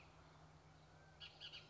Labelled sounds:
Bullock's Oriole (Icterus bullockii)
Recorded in Sonoma County, California

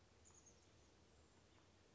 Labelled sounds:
Chestnut-backed Chickadee (Poecile rufescens)
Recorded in Sonoma County, California

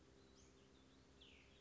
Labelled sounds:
Cassin's Vireo (Vireo cassinii)
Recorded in Sonoma County, California

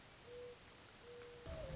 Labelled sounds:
Mourning Dove (Zenaida macroura)
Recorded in Sonoma County, California

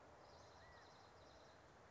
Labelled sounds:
California Quail (Callipepla californica)
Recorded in Sonoma County, California

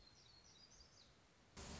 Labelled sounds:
Black-throated Gray Warbler (Setophaga nigrescens)
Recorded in Sonoma County, California

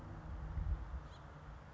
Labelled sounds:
House Finch (Haemorhous mexicanus)
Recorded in Sonoma County, California

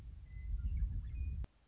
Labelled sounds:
Western Meadowlark (Sturnella neglecta)
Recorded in Sonoma County, California

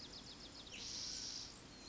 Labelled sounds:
Spotted Towhee (Pipilo maculatus)
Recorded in Sonoma County, California

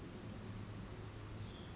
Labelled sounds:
Western Flycatcher (Empidonax difficilis)
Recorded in Sonoma County, California

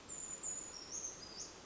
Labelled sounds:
Brown Creeper (Certhia americana)
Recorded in Sonoma County, California

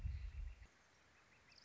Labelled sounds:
Northern Flicker (Colaptes auratus)
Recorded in Sonoma County, California

